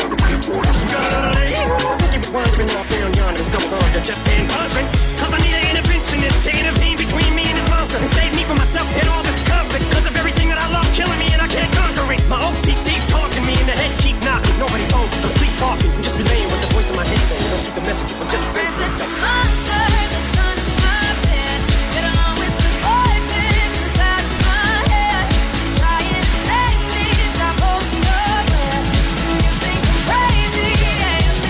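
A lively Friday evening at the bowling alley, dominated by loud music with a steady, thumping beat and voices mixed in throughout.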